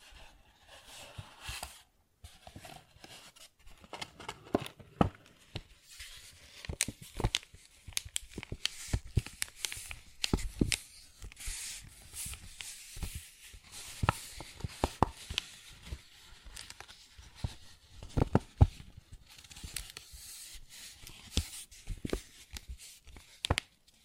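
A paper bag is tapped and scratched in a busy, irregular stream of crisp clicks and rustles that runs the whole 24 seconds. Sharp taps stand out above softer scraping, with a few louder hits around 11, 18 and 23 seconds.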